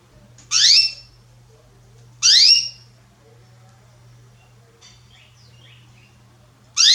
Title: Esquente Seu Filhote E Canario Belga Em 30 Minutos Macho Cantando Muito. Canrio Belga Salsa cantando muito forte